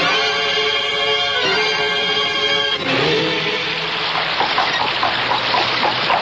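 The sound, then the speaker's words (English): A steady, loud rush of water from spring rains, which have brought a bridge down, fills the second half, following a humming tone with a buzzy, layered pitch that drops partway through before the gushing roar takes over. “The bridge is down. Those damn spring rains.”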